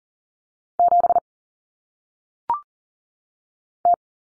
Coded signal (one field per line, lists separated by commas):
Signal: Morse code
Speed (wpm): 39 wpm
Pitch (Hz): 700 Hz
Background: none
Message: 7 T